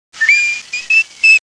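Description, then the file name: Ring-tailed lemur giving a brief series of four clear, whistled chirps, the first rising, later ones steady and level, with a short gap before the last. "Lemur catta--chirp series"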